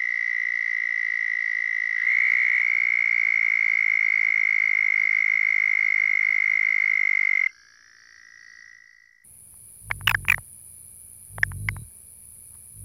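Toad giving a long, steady, high-pitched trill that stops partway through; a few sharp clicks and knocks follow near the end.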